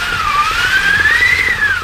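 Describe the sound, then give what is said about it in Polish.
A replica wind machine imitates a snowstorm with strong wind: a loud, steady rushing hiss with a whistling howl that slowly rises and falls in pitch, with no talking. “Zawierucha śnieżna, silny wiatr, który wpada przez drzwi w krainie Bolka i Lolka.”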